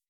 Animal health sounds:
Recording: hydrophone in a shrimp aquaculture tank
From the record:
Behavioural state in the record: weakened

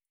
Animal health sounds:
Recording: hydrophone in a shrimp aquaculture tank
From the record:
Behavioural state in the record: feeding

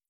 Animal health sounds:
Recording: hydrophone in a shrimp aquaculture tank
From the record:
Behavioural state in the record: feeding

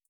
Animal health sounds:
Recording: hydrophone in a shrimp aquaculture tank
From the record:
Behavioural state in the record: feeding

